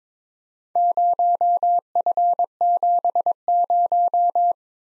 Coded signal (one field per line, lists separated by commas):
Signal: Morse code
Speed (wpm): 23 wpm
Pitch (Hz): 700 Hz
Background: none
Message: 0F70